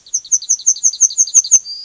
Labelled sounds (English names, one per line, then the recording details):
Yellowhammer song
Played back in forest
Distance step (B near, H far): B
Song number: 003